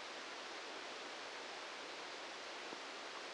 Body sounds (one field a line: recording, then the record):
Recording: brain microelectrode recording played as sound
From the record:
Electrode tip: outside the subthalamic nucleus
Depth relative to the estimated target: -4 mm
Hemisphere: right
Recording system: NeuroSet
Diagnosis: Parkinson's disease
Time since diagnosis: 10 years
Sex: male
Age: 56 years